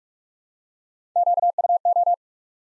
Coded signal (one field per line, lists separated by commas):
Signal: Morse code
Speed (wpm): 44 wpm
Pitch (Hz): 700 Hz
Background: none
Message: QUO